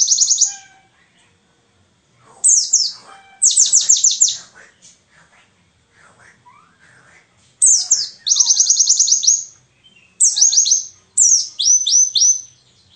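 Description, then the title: White-eye song: bursts of rapid, high buzzy trills and sweeping chirps, separated by short pauses, with faint lower whistled notes between phrases. Ngalas-type white-eye song, used as filler material for training cage songbirds (masteran). "mster Mnuk. Pleci ngalas isian untuk masteran"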